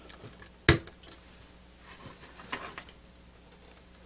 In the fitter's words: and we'll wiggle it up and down a couple times make sure it locks in place